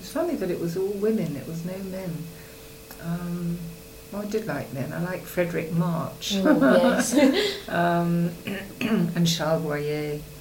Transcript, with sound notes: It's funny that it was all women, it was no men. Erm, oh I did like men. I liked Fredric March. [laughs]
Oh yes! [laughs]
And Charles Boyer.